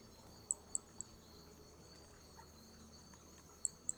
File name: MHNCI Brachy hermogenesi Picinguaba specimen four several starting notes lost without interruption